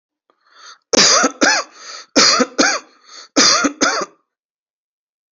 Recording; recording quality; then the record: heavy voluntary cough; excellent, no background noise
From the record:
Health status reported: exposed to COVID-19, no respiratory illness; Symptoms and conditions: sore throat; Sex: male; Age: 42 years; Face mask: not worn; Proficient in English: yes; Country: India